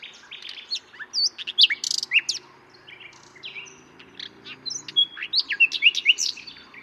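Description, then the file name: Common nightingale singing a dense, varied run of sharp chips, slurred whistles and clicks, with a quieter stretch in the middle. "Luscinia megarhynchos"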